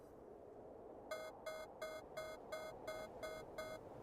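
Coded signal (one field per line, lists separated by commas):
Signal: none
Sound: a game's warning beeps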